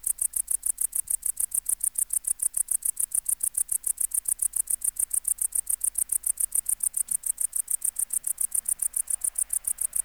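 Tettigonia hispanica bush-cricket producing a continuous, regular stream of short high-pitched hissing syllables throughout.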